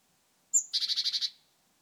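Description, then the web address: Great tit call, one thin high note followed by a rattling churr of about seven buzzy pulses. "SETE data Parus major"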